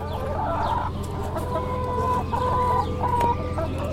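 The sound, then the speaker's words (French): A flock of the Pope's hens at the farm of Castel Gandolfo, which supplies the Vatican, clucks continuously, overlapping short, nasal calls with a few higher squawks, over a steady low rumble of background noise; no one speaks. “dans la ferme de Castel Gandolfo, la ferme qui alimente en poules, on peut les entendre, en viande, en lait, le Vatican.”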